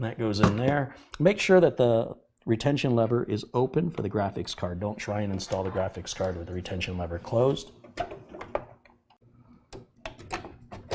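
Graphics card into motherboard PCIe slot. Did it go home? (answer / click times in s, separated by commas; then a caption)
no / none. Someone talks while a graphics card is handled over a motherboard PCIe slot with the slot's retention lever open, and a few short handling sounds come near the end. The card has not yet been pushed home, and nothing has seated or clicked yet.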